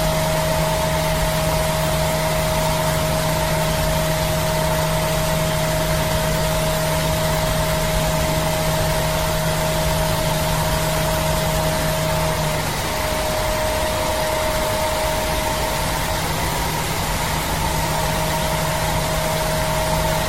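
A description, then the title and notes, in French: A hair dryer runs steadily, giving a dense, enveloping hiss that fills the whole range. A low hum and a clear mid-pitched whine sit beneath the rush; the hum drops out briefly around the middle before returning, while the overall loudness stays constant. Bruits blancs enveloppants d'un sèche-cheveux en fonctionnement. Le ronronnement constant et régulier du sèche-cheveux.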